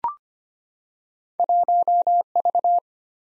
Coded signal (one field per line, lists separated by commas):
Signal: Morse code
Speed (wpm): 25 wpm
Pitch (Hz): 700 Hz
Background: none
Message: 1V